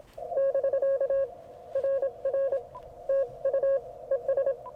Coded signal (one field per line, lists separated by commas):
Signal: Morse code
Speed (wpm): 26 wpm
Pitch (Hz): 1650 Hz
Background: none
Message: <BK> RR TU ES